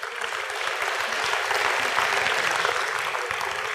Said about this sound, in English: Amen and amen. Church, can you clap your hands one more time?